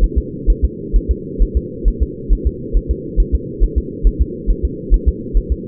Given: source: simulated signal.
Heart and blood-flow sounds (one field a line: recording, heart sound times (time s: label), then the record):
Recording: fetal heart sounds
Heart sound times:
0.04 s: S1
0.18 s: S2
0.50 s: S1
0.65 s: S2
0.96 s: S1
1.11 s: S2
1.43 s: S1
1.57 s: S2
1.88 s: S1
2.02 s: S2
2.33 s: S1
2.47 s: S2
2.77 s: S1
2.91 s: S2
3.20 s: S1
3.35 s: S2
3.64 s: S1
3.78 s: S2
4.07 s: S1
4.21 s: S2
4.50 s: S1
4.65 s: S2
4.94 s: S1
5.08 s: S2
5.37 s: S1
5.52 s: S2
From the record:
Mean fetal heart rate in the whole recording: 135 bpm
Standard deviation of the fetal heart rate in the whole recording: 3 bpm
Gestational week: 36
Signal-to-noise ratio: -4.1 dB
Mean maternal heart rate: no maternal heart sound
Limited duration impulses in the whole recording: absent